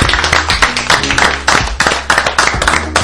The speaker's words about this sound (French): Allez, on peut les applaudir. Bravo, bravo.